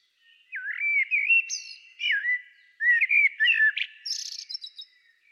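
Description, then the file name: Common blackbird giving a run of rich, looping whistled notes, low and fluty, broken by brief high squeaks near the end. "Turdus merula"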